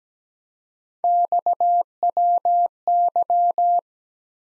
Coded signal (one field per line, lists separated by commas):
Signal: Morse code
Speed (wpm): 17 wpm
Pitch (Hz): 700 Hz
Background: none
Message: XWY